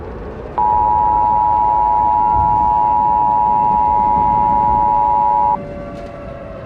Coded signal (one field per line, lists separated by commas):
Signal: Emergency Alert System (SAME) tones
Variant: 853 and 960 Hz attention tone